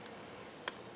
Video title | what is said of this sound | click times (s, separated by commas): LED Arcade Button Teardown | all right and then this piece slides down into the button and twist locks in place | 0.7 s